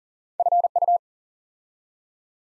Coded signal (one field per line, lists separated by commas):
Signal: Morse code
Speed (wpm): 40 wpm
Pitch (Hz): 700 Hz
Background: none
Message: FU